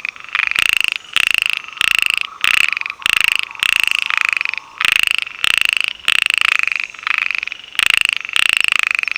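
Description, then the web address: Frog calling in short rattling bursts of rapid pulses, high-pitched, many bursts repeated steadily with brief gaps between them. "Frogs World call voice"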